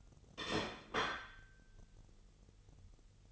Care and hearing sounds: daily activity, microphone in the room; place plate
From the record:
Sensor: 4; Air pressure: 989.4 hPa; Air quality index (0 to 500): 213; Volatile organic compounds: 61 ppm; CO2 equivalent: 3433 ppm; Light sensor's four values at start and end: 26/91/33/35 and 26/91/33/35

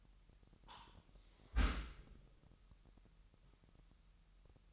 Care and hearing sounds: daily activity, microphone in the room; close dishwasher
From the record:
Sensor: 3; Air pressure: 998.4 hPa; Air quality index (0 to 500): 148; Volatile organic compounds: 5 ppm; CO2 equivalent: 1766 ppm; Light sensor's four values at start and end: 14/41/16/15 and 14/41/16/15

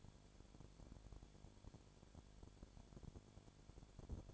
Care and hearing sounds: daily activity, microphone in the room; no activity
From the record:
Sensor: 5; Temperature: 20.2 degrees Celsius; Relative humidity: 36.5%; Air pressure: 1001.2 hPa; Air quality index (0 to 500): 177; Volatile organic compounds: 4 ppm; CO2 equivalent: 1618 ppm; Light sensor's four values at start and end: 2/3/1/1 and 2/3/1/1

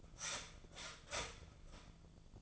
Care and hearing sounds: daily activity, microphone in the room; start toaster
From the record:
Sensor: 5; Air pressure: 1009.4 hPa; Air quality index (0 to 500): 169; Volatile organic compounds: 4 ppm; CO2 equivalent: 1632 ppm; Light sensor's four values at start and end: 89/236/96/101 and 89/236/96/101

